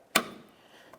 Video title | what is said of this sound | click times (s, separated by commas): How To Replace Lift Support 2007-2011 Toyota Camry | i'm just going to line it up with the little piece on we'll slide it in listen for a click | 0.2 s